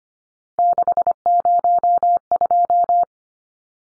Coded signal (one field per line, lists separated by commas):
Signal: Morse code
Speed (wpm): 25 wpm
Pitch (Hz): 700 Hz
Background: none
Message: 602